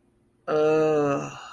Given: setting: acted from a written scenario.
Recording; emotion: vocal sound without words; ecstasy